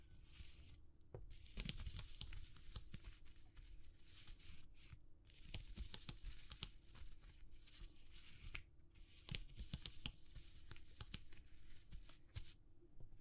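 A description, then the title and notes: Dense crackling and crinkling textures, like material being crumpled or torn, run in long busy stretches full of sharp bright clicks. Brief pauses break the flow near 1, 5, 8.5 and 12.5 seconds, while a faint steady low hum continues underneath. ASMR Exploring Textures (No Talking).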